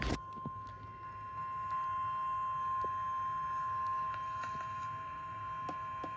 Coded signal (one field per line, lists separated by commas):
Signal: Emergency Alert System (SAME) tones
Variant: 1050 Hz attention tone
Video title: SMW From Miami EAS Archive EAS #94 1-16-22